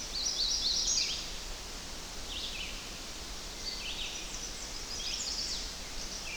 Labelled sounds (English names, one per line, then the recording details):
Red-eyed Vireo song
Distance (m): 85 m
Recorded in boreal forest in Alberta, Canada, on 10 June 2016 at 07:52
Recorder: SongMeter 3, array SBT-3-39
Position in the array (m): 198 m, 115 m